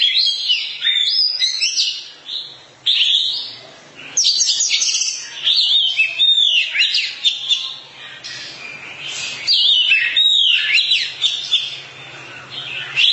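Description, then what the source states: Oriental magpie-robin in sustained varied song, bursts of chatter, buzzy notes, and sweeping whistles over a faint low hum. Long-duration song style.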